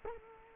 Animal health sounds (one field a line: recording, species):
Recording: mosquito wingbeat signal from an infrared sensor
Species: Culex quinquefasciatus